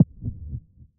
Heartbeat.